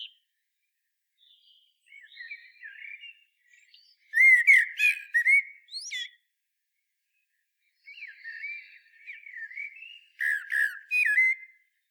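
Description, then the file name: Common blackbird song: a quiet warble building into a loud fluty phrase with squeaky high notes, then a second similar phrase after a pause. "Turdus merula"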